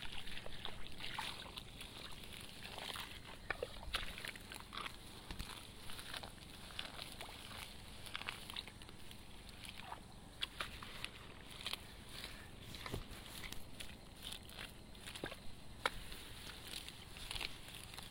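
Hand weeding in a rice paddy, with a steady wash of rustling and watery swishing that runs the whole time. Short sharp ticks and splashes break through irregularly, several every few seconds, over a faint low rumble underneath.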